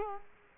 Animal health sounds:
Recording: mosquito wingbeat signal from an infrared sensor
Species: Culex quinquefasciatus

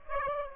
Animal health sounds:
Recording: mosquito wingbeat signal from an infrared sensor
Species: Aedes aegypti

